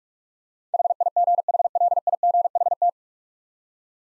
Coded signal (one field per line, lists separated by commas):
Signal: Morse code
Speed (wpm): 46 wpm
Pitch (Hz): 700 Hz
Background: none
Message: HIGHLIGHT